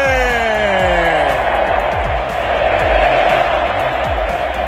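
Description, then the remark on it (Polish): A huge crowd of about 80,000 fans at the Santiago Bernabéu stadium in Madrid roars and cheers continuously as Real Madrid welcomes its new player Kylian Mbappé, loud and dense throughout, with a sliding, falling tone sweeping down over the noise in the first seconds. “Francuz jest nowym nabytkiem Real, a na Santiago Bernabeu witało go 80 tysięcy kibiców.”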